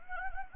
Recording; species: mosquito wingbeat signal from an infrared sensor; Anopheles gambiae